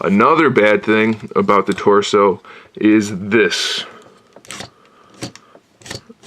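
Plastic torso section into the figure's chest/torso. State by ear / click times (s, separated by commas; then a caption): not seated / none. Someone talks, then the plastic torso sections of a Transformers Masterpiece Thundercracker robot figure are pushed together into the chest, giving short plastic rattles, taps and creaks from about 4.5 to 6.3 seconds. The halves never snap or lock into place; nothing has clicked.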